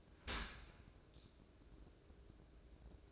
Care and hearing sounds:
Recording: daily activity, microphone in the room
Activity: open dishwasher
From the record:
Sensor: 2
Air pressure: 1012.2 hPa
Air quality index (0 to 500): 142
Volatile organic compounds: 2 ppm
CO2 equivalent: 1042 ppm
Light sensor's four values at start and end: 299/733/297/302 and 300/737/299/304

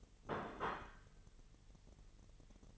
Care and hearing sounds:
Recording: daily activity, microphone in the room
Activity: place plate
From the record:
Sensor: 4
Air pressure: 989.4 hPa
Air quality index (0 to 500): 214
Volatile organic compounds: 63 ppm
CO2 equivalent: 3447 ppm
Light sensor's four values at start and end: 26/91/33/35 and 26/91/33/35

